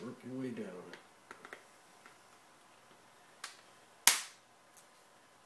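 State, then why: Seated. Someone talks as the plastic back cover of an Asus Google Nexus 7 2nd Gen (2013) tablet is pressed onto the tablet frame, starting at the power jack and working down the edge. The snap-fit clips click in one after another at 1.3, 1.4, 1.5, 3.4 and 4.1 seconds, with the last snap the loudest and sharpest. The back cover is seated, snapped back into place.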